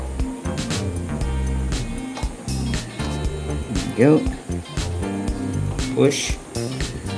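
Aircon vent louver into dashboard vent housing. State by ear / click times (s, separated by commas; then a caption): not seated / none. A plastic aircon vent louver, fitted with its bushing, is pushed by hand into its mounting hole in the dashboard vent housing of a 2001–2007 Toyota Corolla Altis, done to fix a loose vent. Music with a steady beat plays throughout while someone talks. The clip ends before the vent goes home, so nothing has seated or clicked yet.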